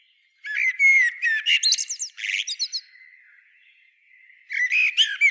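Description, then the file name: Common blackbird song: a burst of varied whistled and twittering notes, a quiet pause, then another rapid phrase begins. "Turdus merula"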